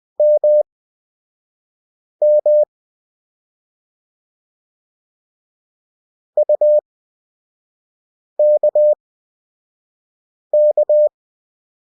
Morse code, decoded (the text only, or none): MM UKK